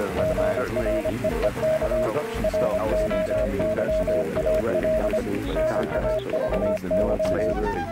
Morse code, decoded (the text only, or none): GREEK ROYAL NAVY